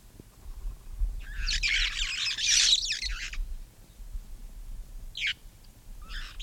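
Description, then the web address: Red-fronted parrot call, a long, harsh rasping screech lasting about two seconds, followed by two short sharp squawks. "parrots poicephalus-gulielmi"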